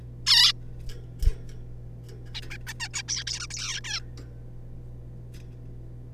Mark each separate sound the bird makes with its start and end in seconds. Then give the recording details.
0.26-0.53, 2.35-2.41, 2.50-2.57, 2.67-2.73, 2.80-2.88, 2.94-3.03, 3.08-3.24, 3.27-3.47, 3.51-3.82, 3.84-4.01. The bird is a juvenile. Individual R3549